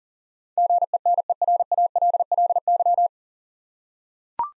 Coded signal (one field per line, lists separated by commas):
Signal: Morse code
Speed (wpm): 40 wpm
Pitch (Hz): 700 Hz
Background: none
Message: GENERALLY